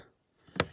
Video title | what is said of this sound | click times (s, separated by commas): Rebuilding LEGO Sets from The Graveyard! | there's this little play feature here where you press that it will click into place so it's firmly in place there | 0.6 s